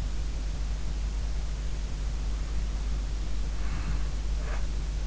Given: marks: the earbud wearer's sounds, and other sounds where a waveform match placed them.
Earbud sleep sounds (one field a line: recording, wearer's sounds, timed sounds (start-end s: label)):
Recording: sounds in sleep by an in-ear microphone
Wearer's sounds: breath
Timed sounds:
1.75-4.64 s: breath